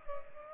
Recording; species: mosquito wingbeat signal from an infrared sensor; Culex pipiens